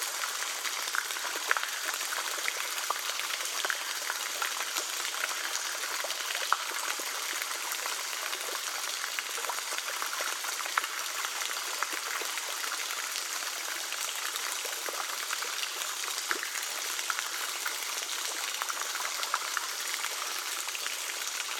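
Water falls steadily over a drop in a stream, a continuous hissing rush with no pauses. The sound is bright and airy, with faint splashes and crackles scattered through it, and almost no low rumble.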